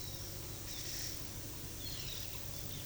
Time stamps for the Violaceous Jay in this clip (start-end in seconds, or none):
0.00-2.23